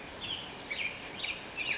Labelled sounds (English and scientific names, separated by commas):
Black-headed Grosbeak (Pheucticus melanocephalus)